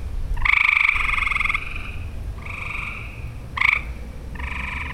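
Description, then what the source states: Frogs calling with pulsed, buzzy trills; a long loud trill opens, followed by quieter calls and a brief loud burst. Recorded in Olivet, Michigan, on 6 June 2008.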